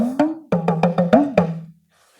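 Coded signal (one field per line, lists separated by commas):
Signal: talking drum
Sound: seven quick drum strokes with a low, sliding pitch, like a spoken phrase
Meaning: We are at the ministry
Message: Estamos en el ministerio.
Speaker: Estamos en el ministerio.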